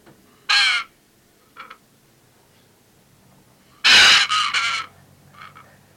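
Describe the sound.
Pesquet's parrot giving harsh, rasping screeches: one short burst early, then a longer broken screech later, with a faint softer call between and another after.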